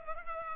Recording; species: mosquito wingbeat signal from an infrared sensor; Culex pipiens